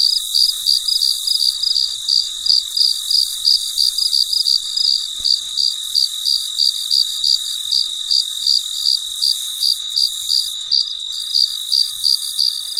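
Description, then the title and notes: Cricket song of sharp high chirps repeated about three per second, over a constant high background hiss. Recorded late at night; the night is described as very quiet. "深夜录制蟋蟀昆虫声. 深夜 很安静"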